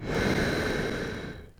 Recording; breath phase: one breath near a microphone; exhalation